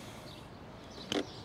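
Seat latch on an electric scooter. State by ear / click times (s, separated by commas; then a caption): released / 1.1 s. The seat latch on an Ecooter E5 electric scooter is released by pressing the release button, and it unlocks with a sharp click at 1.1 s over steady background noise. The latch releases and the seat opens.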